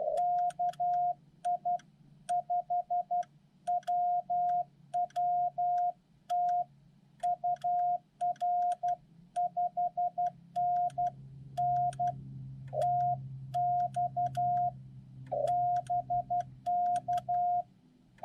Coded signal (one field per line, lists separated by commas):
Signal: Morse code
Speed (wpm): 12 wpm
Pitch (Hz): 710 Hz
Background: none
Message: KI5WWT UR5NN TX BK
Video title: POTA Cedar Hill State Park K-2996 Dec 25 2023